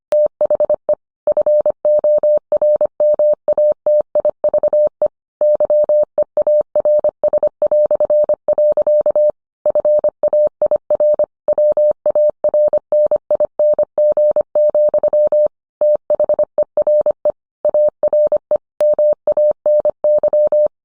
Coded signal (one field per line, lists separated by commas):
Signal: Morse code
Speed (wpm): 25 wpm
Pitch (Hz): 600 Hz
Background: none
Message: THE FORMATIVE YEARS". FAIR WARNING, THERE ARE MANY